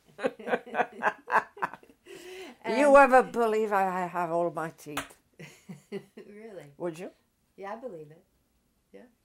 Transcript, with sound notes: Would you ever believe I have all my teeth?
( she laughs ) Really?
Would you?
Yeah, I believe it. Yeah.